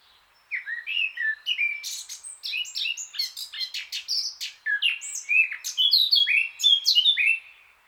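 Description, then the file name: Eurasian blackcap song, a long phrase of hurried scratchy warbling building into loud, clear fluty whistles toward the end. "Sylvia atricapilla"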